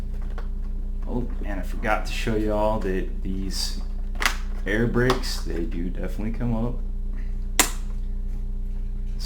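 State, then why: Seated. Someone talks while raising a hinged plastic air-brake flap on a Star Wars: The Black Series T-47 snowspeeder toy model, over a steady low hum. A sharp click at 7.6 s marks the flap snapping into place.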